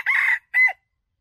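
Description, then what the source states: Red junglefowl crow, only its tail end: a harsh drawn-out syllable and then a brief, clipped closing note, then silence. Wild male junglefowl crowing.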